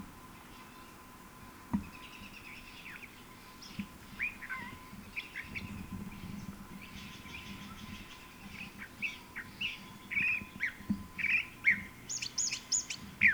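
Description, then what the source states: California Thrasher song, a varied run of harsh and whistled phrases, some slurred, growing busier and louder through the second half, with a steady hum beneath. Recorded February 21, 1970, Strawberry Canyon, Alameda County, California.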